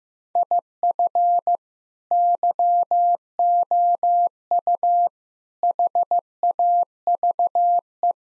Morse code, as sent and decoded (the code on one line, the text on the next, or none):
.. ..-. / -.-- --- ..- / .... .- ...- .
IF YOU HAVE